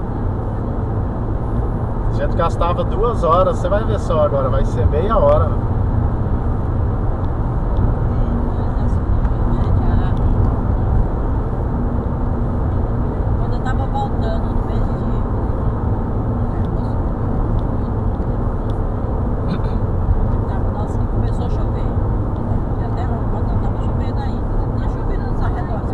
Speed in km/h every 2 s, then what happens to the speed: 131, 132, 133, 134, 136, 136, 132, 130, 127, 126, 124, 123, 121.
0-10 steady at about 133. 10-26 slows to 121.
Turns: none.